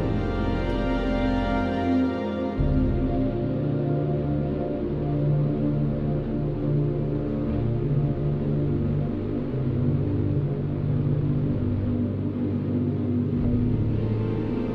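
Synthesizer and organ-like tones hold steady, low sustained chords shifting every few seconds beneath a dense, continuous wash of higher tones throughout.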